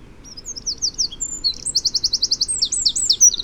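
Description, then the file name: Eurasian wren song starting softly with thin slurred notes, swelling into a loud rapid trill of evenly spaced pulses and further shrill warbled phrases. "Troglodytes troglodytes"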